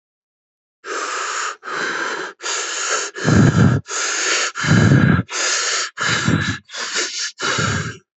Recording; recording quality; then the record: shallow breathing; excellent, no background noise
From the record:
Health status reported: healthy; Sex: male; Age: 19 years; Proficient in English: yes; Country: India